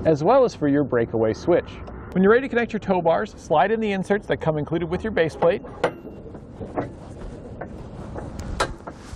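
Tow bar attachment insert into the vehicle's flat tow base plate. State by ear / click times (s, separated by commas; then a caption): seated / 8.6 s. A person talks, then the tow bar attachment insert that comes included with a Blue Ox base plate kit on a 2019 Lincoln Nautilus is slid into the steel base plate receiver on the vehicle's front and twisted. Scraping and small clicks follow, with a sharp metallic click at 8.6 s as the insert locks into place.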